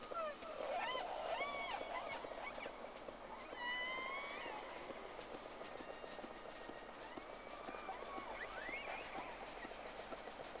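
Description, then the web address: Whale calls: a rapid series of arching, upsweeping whistles with harmonics early on, more rising notes near the end, over constant crackle and hiss. Two whales, from a vessel on 3 October 2006 at 11:30, round 1. "Sea Snake 10-3-06 Whales X 2 11-30 Round 1"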